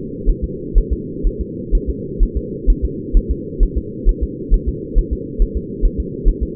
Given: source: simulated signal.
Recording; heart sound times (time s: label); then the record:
fetal heart sounds
0.29 s: S1
0.44 s: S2
0.78 s: S1
0.93 s: S2
1.27 s: S1
1.41 s: S2
1.75 s: S1
1.90 s: S2
2.23 s: S1
2.37 s: S2
2.70 s: S1
2.85 s: S2
3.17 s: S1
3.31 s: S2
3.63 s: S1
3.78 s: S2
4.09 s: S1
4.23 s: S2
4.54 s: S1
4.69 s: S2
4.98 s: S1
5.13 s: S2
5.42 s: S1
5.57 s: S2
5.85 s: S1
6.00 s: S2
6.29 s: S1
6.43 s: S2
From the record:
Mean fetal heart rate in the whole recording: 130 bpm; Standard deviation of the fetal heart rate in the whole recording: 4 bpm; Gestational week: 38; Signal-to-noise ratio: -4.1 dB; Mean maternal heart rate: no maternal heart sound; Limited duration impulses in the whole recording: absent